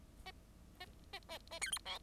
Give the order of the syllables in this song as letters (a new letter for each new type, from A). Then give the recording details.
A A A A B C D. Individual Bird10